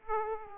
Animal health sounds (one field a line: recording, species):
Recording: mosquito wingbeat signal from an infrared sensor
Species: Aedes aegypti